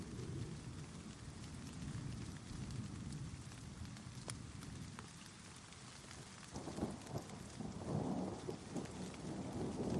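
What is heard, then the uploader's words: A thunderstorm with steady rain hissing across the whole clip, and a deep rolling rumble of thunder in the low end. The rumble eases around the middle, then swells again from about six and a half seconds, with a few sharp drips and taps on top. Thunderstorm.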